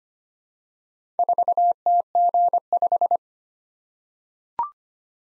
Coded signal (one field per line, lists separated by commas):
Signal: Morse code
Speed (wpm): 25 wpm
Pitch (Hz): 700 Hz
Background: none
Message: 4TG5